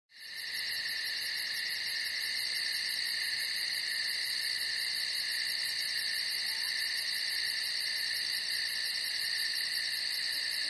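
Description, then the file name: Cricket chirring fades in at the start, then holds as a continuous piercing trill with rapid regular pulsing. "Strekotanie sverchka"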